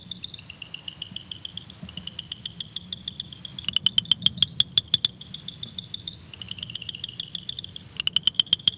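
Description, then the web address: Tree frog trilling in high rapid pulses, repeated bursts with gaps and some louder clicking runs, over a low background hum. "Hylidae"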